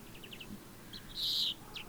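European greenfinch giving a single loud, drawn-out nasal wheeze after a few soft short chirps, with faint twittering around it.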